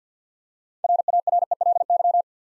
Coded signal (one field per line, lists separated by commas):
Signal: Morse code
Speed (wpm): 50 wpm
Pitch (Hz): 700 Hz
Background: none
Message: RARELY